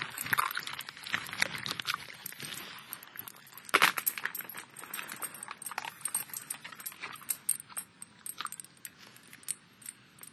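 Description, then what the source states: Dog chewing something crunchy, with irregular crackling bites and crisp snapping sounds throughout, one louder crunch partway through. Dog eating crunchy crackers.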